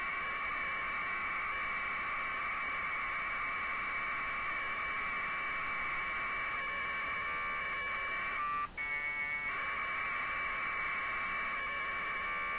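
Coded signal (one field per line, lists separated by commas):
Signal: packet radio (AX.25, as in APRS)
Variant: TCP/IP over AX.25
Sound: steady harsh warbling data tone throughout, briefly broken near the end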